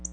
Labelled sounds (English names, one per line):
Black-throated Blue Warbler flight call